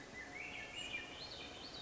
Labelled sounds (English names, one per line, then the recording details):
Swainson's Thrush
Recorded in Sonoma County, California